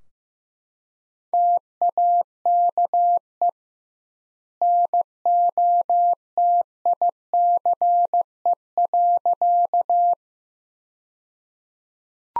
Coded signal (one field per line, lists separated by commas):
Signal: Morse code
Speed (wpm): 16 wpm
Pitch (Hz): 700 Hz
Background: none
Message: TAKE NOTICE.